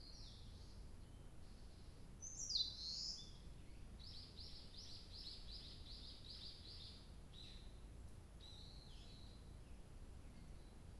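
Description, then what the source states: Birdsong: a loud high squeaky note, then a rapid run of about eight identical high notes, followed by quieter scattered chirps. 2 July 2023.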